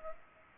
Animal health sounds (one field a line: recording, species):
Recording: mosquito wingbeat signal from an infrared sensor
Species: Culex pipiens